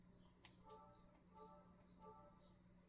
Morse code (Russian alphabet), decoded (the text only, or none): none